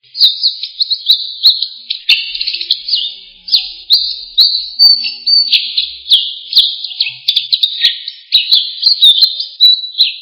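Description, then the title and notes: Bird song, a rapid stream of high chirps and trills, with sharp clicky notes breaking in repeatedly throughout; no other sounds stand out. Indonesia. "Kumpulan Kicau Burung Indonesia"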